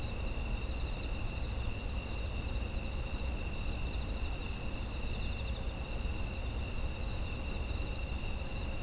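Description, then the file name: Layered insect trills sustain at several high pitches, one band faintly wavering, never stopping, above a constant low-frequency rumble. Autumn insect ambience. "秋の虫の環境音"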